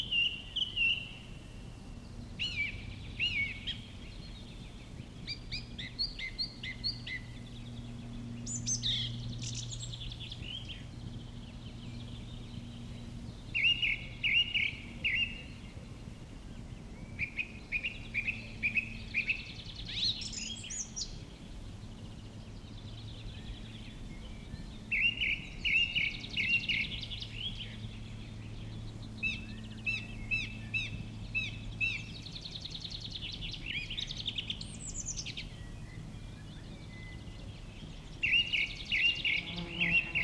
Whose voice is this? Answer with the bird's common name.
Song Thrush